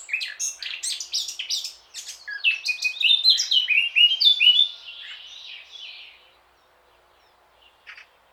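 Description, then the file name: Eurasian blackcap song, a fast jumble of varied warbled notes for about five seconds, then fading to quiet with a few faint chips near the end. "Sylvia atricapilla"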